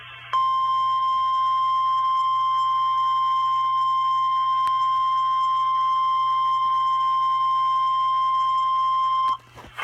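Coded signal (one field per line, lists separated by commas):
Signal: Emergency Alert System (SAME) tones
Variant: 1050 Hz attention tone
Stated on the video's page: Real tornado warning received on a St. Louis NOAA Weather Radio transmitter.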